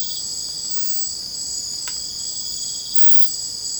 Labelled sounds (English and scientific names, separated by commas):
none